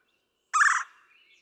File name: Red-bellied Woodpecker